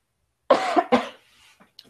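Two quick harsh coughs in a row from an adult woman who is coming down with a slight cold, followed by faint breaths.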